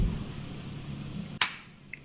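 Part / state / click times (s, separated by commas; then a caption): flex cable connector into its board socket in a handheld game console / seated / 1.4 s. During reassembly of a Nintendo Switch handheld game console, a flex cable connector, apparently for the SD card reader, is pressed onto its socket on the console's board. After a low steady background, one sharp snap is heard at 1.4 s, followed by a much fainter tick at 1.9 s. The connector snaps in and is seated.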